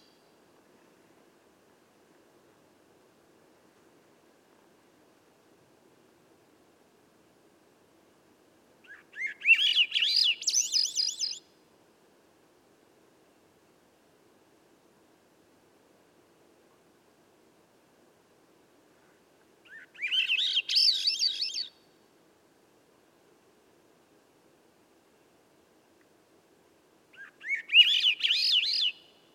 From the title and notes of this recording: I was gifted this song last night by a little Swainson's Thrush that lived around my campsite. Recorder: Sound Devices MixPre6 microphone: MicBooster Pluggy, mounted in a Wildtronics Universal Parabolic dish. Original wav recording at 24bits, 192k.